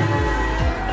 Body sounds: coughing mixed with background sound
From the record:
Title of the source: 1125 Coughing SOUND Effect

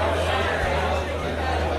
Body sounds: background sound without coughing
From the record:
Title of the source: CITY SOUNDS Busy Bar in the Evening Night - 2 HOURS of Ambiance for Relaxation

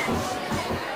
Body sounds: coughing mixed with background sound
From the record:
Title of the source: Spring Cold Coughing 2

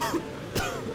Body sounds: coughing mixed with background sound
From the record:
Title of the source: Coughing 51

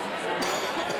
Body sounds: coughing mixed with background sound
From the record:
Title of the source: Dry Coughing Fit in the Afternoon.

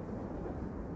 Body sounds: background sound without coughing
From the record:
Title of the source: Train Ride Ambience ambient white noise for sleeping, focus, studying, reading

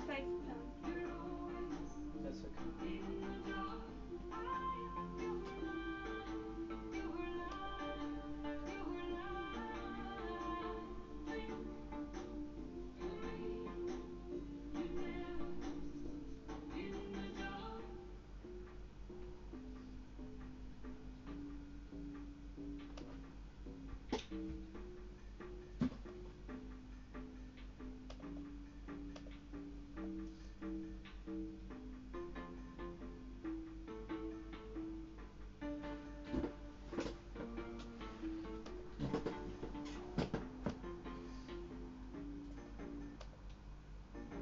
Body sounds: background sound without coughing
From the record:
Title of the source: BackgroundMusic3

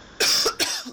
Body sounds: coughing mixed with background sound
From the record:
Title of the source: November cold (wet coughing)

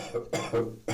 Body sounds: coughing mixed with background sound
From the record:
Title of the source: Cough Around the Clock!

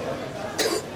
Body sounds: coughing mixed with background sound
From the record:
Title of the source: 55 gaggy wet cough

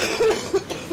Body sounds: coughing mixed with background sound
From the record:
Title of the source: 61 morning phlegmy cough...again

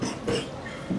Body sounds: coughing mixed with background sound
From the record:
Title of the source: Spring Cold Coughing 3

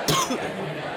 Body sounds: coughing mixed with background sound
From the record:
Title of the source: Wet coughing

